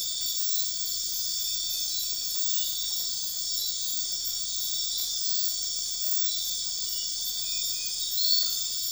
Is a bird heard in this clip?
no